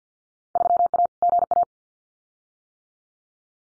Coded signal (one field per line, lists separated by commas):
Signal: Morse code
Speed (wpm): 48 wpm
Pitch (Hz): 700 Hz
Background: none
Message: 3A GA